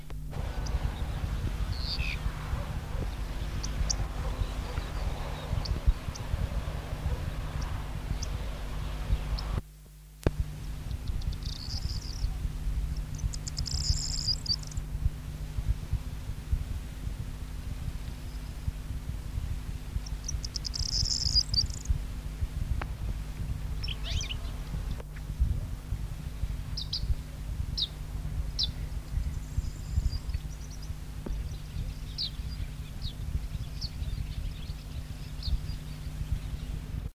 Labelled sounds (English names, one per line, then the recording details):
Corn Bunting
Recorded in the wild
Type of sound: alarm call, song
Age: diverse
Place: Heeseberg, Niedersachsen, DE
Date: 1973-07-30
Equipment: Halbspur, 9,5 cm/s
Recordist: Lütgens, Hans
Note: Warnrufe der Alten, abartiger Gesang, dann Rufe eines flüggen Jungen